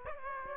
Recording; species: mosquito wingbeat signal from an infrared sensor; Aedes aegypti